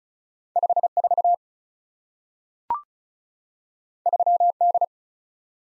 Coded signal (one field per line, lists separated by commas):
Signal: Morse code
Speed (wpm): 36 wpm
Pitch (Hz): 700 Hz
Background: none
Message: 5 4 3 D